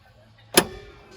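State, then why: Seated. A key is turned in the door lock of a 1988 Chevy 3500 pickup truck to lock it against thieves. The locking rod snaps into the locked position with one sharp metallic clack at 0.6 s, followed by a brief fading ring. The door lock clicks into its locked position.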